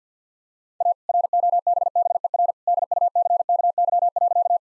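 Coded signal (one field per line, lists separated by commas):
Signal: Morse code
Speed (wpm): 50 wpm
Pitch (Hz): 700 Hz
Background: none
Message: A ROBBER DUCKY.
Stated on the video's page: Morse practice set at 50 wpm, jokes sent with contextual priming.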